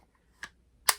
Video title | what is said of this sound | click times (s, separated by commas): Custom orders Complete! A few New Plushie Makes With Pattern Reviews | and then it just snaps into place. | 0.4 s, 0.9 s